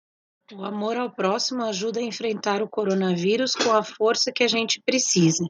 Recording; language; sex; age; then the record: spoken sentence; Brazilian Portuguese; female; 40 to 49 years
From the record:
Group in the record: control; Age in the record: 42 years